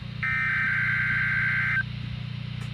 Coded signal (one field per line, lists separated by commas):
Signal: Emergency Alert System (SAME) tones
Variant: header bursts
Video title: Breaking Records | EAS #601-613